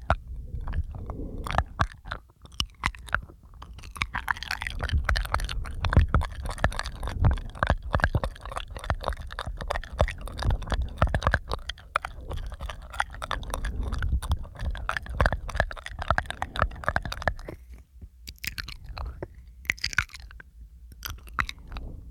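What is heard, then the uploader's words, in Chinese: Mouth sounds with breathing: wet clicks, smacks and squishy chewing-like noises come in dense, irregular bursts for most of the clip. A low, soft breathy rumble runs underneath, and the mouth sounds thin out and pause briefly near eighteen seconds before resuming more sparsely. 口腔音+呼吸，asmr。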